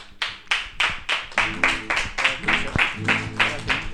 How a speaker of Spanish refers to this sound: Un aplauso ahí.